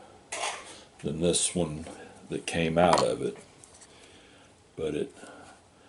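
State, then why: Not seated. A replacement SSD card is handled at its slot on a Wyse thin client motherboard while someone talks, with light rustling and clattering around 0.3 s and 4.8 s and a faint tick near 3.6 s. The card has not seated or clicked into the slot yet.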